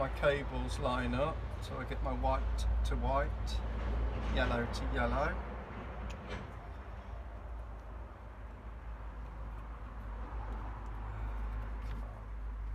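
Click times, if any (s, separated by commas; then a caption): none. Someone talks while lining up the cable plug of a water level monitor with its mating connector, matching the wires colour to colour (white to white, then yellow), during a Fiat Ducato camper van conversion. A steady low hum runs underneath, and after the talking stops only quiet handling noise remains. Nothing has seated or clicked yet.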